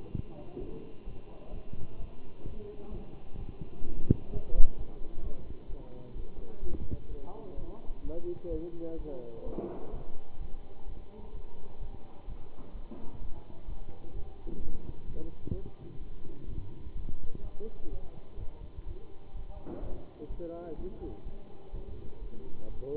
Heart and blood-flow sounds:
heart sounds by stethoscope; between the tricuspid and mitral areas; 128 bpm
0.13 s: heartbeat
0.60 s: heartbeat
1.06 s: heartbeat
1.52 s: heartbeat
1.98 s: heartbeat
2.45 s: heartbeat
2.91 s: heartbeat
3.37 s: heartbeat
3.84 s: heartbeat
4.30 s: heartbeat
4.76 s: heartbeat
5.22 s: heartbeat
5.68 s: heartbeat
6.15 s: heartbeat
6.61 s: heartbeat
7.09 s: heartbeat
7.56 s: heartbeat
8.03 s: heartbeat
8.50 s: heartbeat
8.98 s: heartbeat
9.45 s: heartbeat
9.92 s: heartbeat
10.39 s: heartbeat
10.86 s: heartbeat
11.33 s: heartbeat
11.80 s: heartbeat
12.27 s: heartbeat
12.74 s: heartbeat
13.20 s: heartbeat
13.67 s: heartbeat
14.14 s: heartbeat
14.60 s: heartbeat
15.07 s: heartbeat
15.53 s: heartbeat
16.00 s: heartbeat
16.47 s: heartbeat
16.94 s: heartbeat
17.42 s: heartbeat
17.90 s: heartbeat
18.38 s: heartbeat
18.85 s: heartbeat
19.34 s: heartbeat
19.81 s: heartbeat
20.29 s: heartbeat
20.77 s: heartbeat
21.25 s: heartbeat
21.72 s: heartbeat
22.20 s: heartbeat
22.68 s: heartbeat
From the record:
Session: Bruce protocol treadmill stress test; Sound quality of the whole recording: good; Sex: male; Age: 23 years

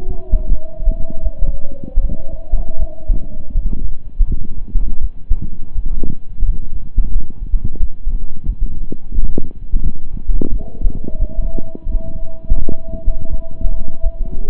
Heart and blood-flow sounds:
heart sounds by stethoscope; between the tricuspid and mitral areas; 84 bpm
0.47 s: heartbeat
1.21 s: heartbeat
1.99 s: heartbeat
2.77 s: heartbeat
3.52 s: heartbeat
4.25 s: heartbeat
4.99 s: heartbeat
5.73 s: heartbeat
6.43 s: heartbeat
7.11 s: heartbeat
7.77 s: heartbeat
8.44 s: heartbeat
9.11 s: heartbeat
9.81 s: heartbeat
10.49 s: heartbeat
11.17 s: heartbeat
11.84 s: heartbeat
12.55 s: heartbeat
13.28 s: heartbeat
14.00 s: heartbeat
From the record:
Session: slow and fast walking with breaks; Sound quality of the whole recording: saturated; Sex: male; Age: 25 years

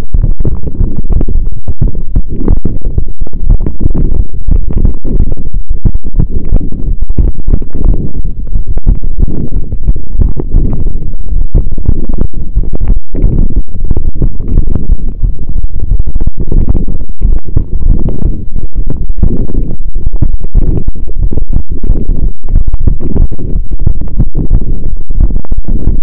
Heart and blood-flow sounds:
heart sounds by stethoscope; between the tricuspid and mitral areas; 180 bpm
0.13 s: heartbeat
0.46 s: heartbeat
0.80 s: heartbeat
1.14 s: heartbeat
1.48 s: heartbeat
1.81 s: heartbeat
2.15 s: heartbeat
2.49 s: heartbeat
2.83 s: heartbeat
3.16 s: heartbeat
3.50 s: heartbeat
3.84 s: heartbeat
4.17 s: heartbeat
4.51 s: heartbeat
4.84 s: heartbeat
5.18 s: heartbeat
5.52 s: heartbeat
5.86 s: heartbeat
6.19 s: heartbeat
6.53 s: heartbeat
6.86 s: heartbeat
7.20 s: heartbeat
7.53 s: heartbeat
7.87 s: heartbeat
8.20 s: heartbeat
8.54 s: heartbeat
8.87 s: heartbeat
9.21 s: heartbeat
9.54 s: heartbeat
9.87 s: heartbeat
10.21 s: heartbeat
10.55 s: heartbeat
10.88 s: heartbeat
11.21 s: heartbeat
11.55 s: heartbeat
11.89 s: heartbeat
12.22 s: heartbeat
12.55 s: heartbeat
12.89 s: heartbeat
13.22 s: heartbeat
13.56 s: heartbeat
13.89 s: heartbeat
14.23 s: heartbeat
14.56 s: heartbeat
14.90 s: heartbeat
15.23 s: heartbeat
15.57 s: heartbeat
15.89 s: heartbeat
16.23 s: heartbeat
16.57 s: heartbeat
16.90 s: heartbeat
17.23 s: heartbeat
17.56 s: heartbeat
17.90 s: heartbeat
18.23 s: heartbeat
18.56 s: heartbeat
18.89 s: heartbeat
19.23 s: heartbeat
19.56 s: heartbeat
19.89 s: heartbeat
20.22 s: heartbeat
20.56 s: heartbeat
20.89 s: heartbeat
21.22 s: heartbeat
21.55 s: heartbeat
21.88 s: heartbeat
22.21 s: heartbeat
22.54 s: heartbeat
22.87 s: heartbeat
23.21 s: heartbeat
23.54 s: heartbeat
23.87 s: heartbeat
24.20 s: heartbeat
24.53 s: heartbeat
24.86 s: heartbeat
25.19 s: heartbeat
25.52 s: heartbeat
25.86 s: heartbeat
From the record:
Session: pedaling a stationary bicycle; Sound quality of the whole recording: saturated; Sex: male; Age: 23 years

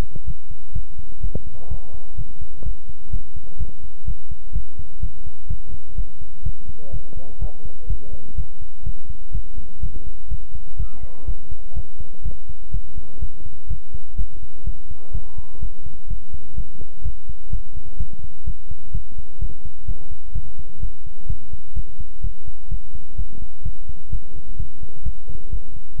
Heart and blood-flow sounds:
heart sounds by stethoscope; between the tricuspid and mitral areas; 126 bpm
0.25 s: heartbeat
0.73 s: heartbeat
1.21 s: heartbeat
1.68 s: heartbeat
2.15 s: heartbeat
2.63 s: heartbeat
3.10 s: heartbeat
3.58 s: heartbeat
4.05 s: heartbeat
4.53 s: heartbeat
5.00 s: heartbeat
5.48 s: heartbeat
5.95 s: heartbeat
6.43 s: heartbeat
6.91 s: heartbeat
7.39 s: heartbeat
7.87 s: heartbeat
8.35 s: heartbeat
8.84 s: heartbeat
9.32 s: heartbeat
9.80 s: heartbeat
10.28 s: heartbeat
10.77 s: heartbeat
11.25 s: heartbeat
11.74 s: heartbeat
12.23 s: heartbeat
12.71 s: heartbeat
13.19 s: heartbeat
13.68 s: heartbeat
14.16 s: heartbeat
14.64 s: heartbeat
15.12 s: heartbeat
15.60 s: heartbeat
16.08 s: heartbeat
16.55 s: heartbeat
17.02 s: heartbeat
17.50 s: heartbeat
17.97 s: heartbeat
18.44 s: heartbeat
18.92 s: heartbeat
19.39 s: heartbeat
19.85 s: heartbeat
20.33 s: heartbeat
20.80 s: heartbeat
21.27 s: heartbeat
21.74 s: heartbeat
22.21 s: heartbeat
22.69 s: heartbeat
23.16 s: heartbeat
23.63 s: heartbeat
24.10 s: heartbeat
24.57 s: heartbeat
25.03 s: heartbeat
25.50 s: heartbeat
25.96 s: heartbeat
From the record:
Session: pedaling a stationary bicycle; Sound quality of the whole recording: good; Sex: male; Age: 24 years

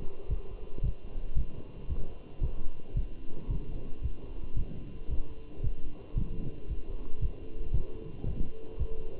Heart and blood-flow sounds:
heart sounds by stethoscope; between the tricuspid and mitral areas; 113 bpm
0.30 s: heartbeat
0.84 s: heartbeat
1.37 s: heartbeat
1.90 s: heartbeat
2.43 s: heartbeat
2.97 s: heartbeat
3.50 s: heartbeat
4.03 s: heartbeat
4.57 s: heartbeat
5.10 s: heartbeat
5.64 s: heartbeat
6.17 s: heartbeat
6.69 s: heartbeat
7.22 s: heartbeat
7.74 s: heartbeat
8.26 s: heartbeat
8.79 s: heartbeat
From the record:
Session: walking at 3.7 km/h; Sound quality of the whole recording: good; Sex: male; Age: 27 years

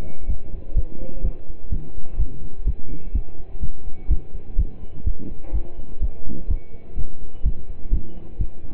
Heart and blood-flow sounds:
heart sounds by stethoscope; between the tricuspid and mitral areas; 126 bpm
0.28 s: heartbeat
0.76 s: heartbeat
1.24 s: heartbeat
1.71 s: heartbeat
2.19 s: heartbeat
2.66 s: heartbeat
3.14 s: heartbeat
3.62 s: heartbeat
4.10 s: heartbeat
4.58 s: heartbeat
5.06 s: heartbeat
5.54 s: heartbeat
6.02 s: heartbeat
6.50 s: heartbeat
6.97 s: heartbeat
7.45 s: heartbeat
7.92 s: heartbeat
8.40 s: heartbeat
From the record:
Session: pedaling a stationary bicycle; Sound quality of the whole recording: partially saturated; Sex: male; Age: 27 years

